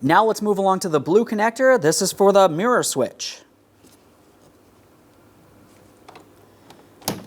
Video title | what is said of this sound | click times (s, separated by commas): How to Replace Master Window Switch 2011-2026 Mitsubishi Outlander | Audible click, and it's secure. | 7.1 s